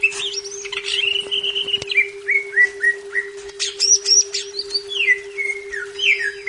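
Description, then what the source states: Leafbird song: a rich run of clear whistles, slurred downward notes and brief trills, varied and continuous, over a steady low electrical hum. Labelled 'daun kecil' (small-leaf) type.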